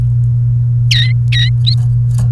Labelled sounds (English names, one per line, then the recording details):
Domestic Canary song
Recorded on 29 April 2018 at 13:43
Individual llb3